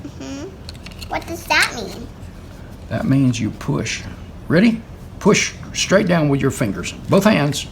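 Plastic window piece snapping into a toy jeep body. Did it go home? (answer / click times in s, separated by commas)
no / none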